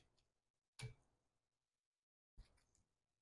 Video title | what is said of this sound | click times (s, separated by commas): Carls Tips: Changing Wiperblades on a Nissan Rouge | then you'll hear a little click | 0.8 s